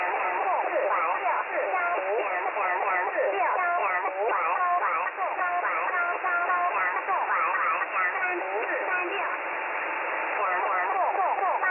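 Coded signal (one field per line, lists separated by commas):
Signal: numbers station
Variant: VC01, Chinese robotic voice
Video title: VC01 Chinese Robot at 4684 kHz in USB mode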